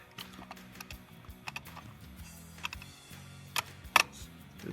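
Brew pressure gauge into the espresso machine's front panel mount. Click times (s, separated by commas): 4.0 s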